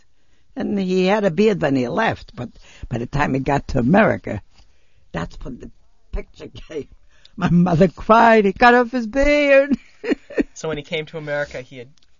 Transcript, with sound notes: And he had a beard when he left, but by the time he got to America, that's where the picture came. My mother cried, "He cut off his beard." (she laughs)
So when he came to America he had...